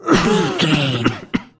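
A throaty, voiced rasp lasting about a second gives way to two short, sharp bursts: an adult man coughing. It is a plain cough with no specific clinical finding.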